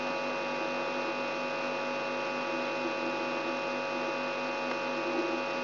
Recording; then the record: brain microelectrode recording played as sound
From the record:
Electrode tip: inside the subthalamic nucleus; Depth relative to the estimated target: 0 mm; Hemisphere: right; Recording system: AlphaMap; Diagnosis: Parkinson's disease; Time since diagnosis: 12 years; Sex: female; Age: 65 years